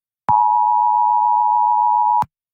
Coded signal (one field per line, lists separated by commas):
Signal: Emergency Alert System (SAME) tones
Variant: 853 and 960 Hz attention tone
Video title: EAS Mock - Destructive Criteria